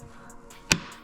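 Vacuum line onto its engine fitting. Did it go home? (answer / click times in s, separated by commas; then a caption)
yes / 0.7 s. A vacuum line is pushed back onto its fitting on the engine of a 2019 Jeep Grand Cherokee after the spark plugs are changed. Over a low, steady background, a single sharp click sounds at 0.7 s as the connector seats. The line is confirmed clicked in and seated.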